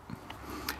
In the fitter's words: that button and they pop out